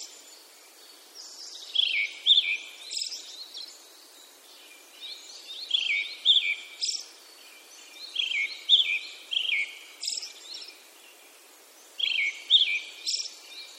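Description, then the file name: Brown-headed thrush singing: fluty phrases ending in high, lisping trills, separated by pauses. "akahara"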